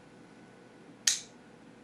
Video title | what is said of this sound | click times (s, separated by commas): Cold Steel Espada Medium G10 Knife Review | Hear that rigid sound when the rocker locks in place. | 1.1 s